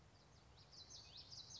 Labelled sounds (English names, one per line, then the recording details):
Common Yellowthroat
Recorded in Sonoma County, California